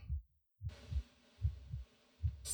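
Normal adult heart sounds heard with the ear pressed to the chest: a steady, low-pitched "dokun, dokun" beat of paired thumps.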